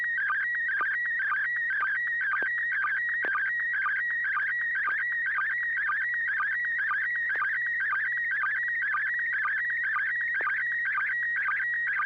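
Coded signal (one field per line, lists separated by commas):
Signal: SSTV (slow-scan television)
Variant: PD120 mode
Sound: warbling whistle-like tone around 2 kHz with regular short low chirps twice a second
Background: steady low hum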